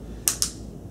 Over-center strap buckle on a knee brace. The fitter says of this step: and make sure it clicks into place